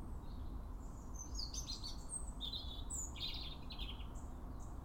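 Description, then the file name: European robin singing a short burst of high, tinkling and twittering notes in the middle seconds, with constant low background rumble. "Erithacus rubecula"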